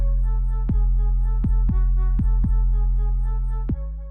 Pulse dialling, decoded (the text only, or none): none